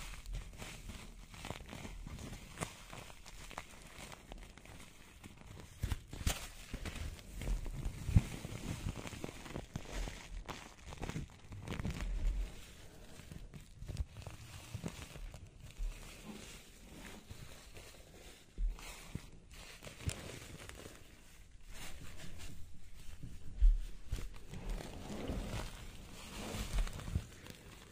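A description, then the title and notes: A hair roller being handled, giving soft rustling and crinkling with frequent dull knocks and scrapes. The sounds come in irregular bursts, busiest around 6–13 seconds and again near 23 seconds, over a faint steady hiss with a thin high whine. Hair roll.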